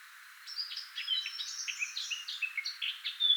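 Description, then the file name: Eurasian blackcap song: a quick, dense warble of varied chirps and slurred notes, ending in a louder clear whistle. "Sylvia atricapilla"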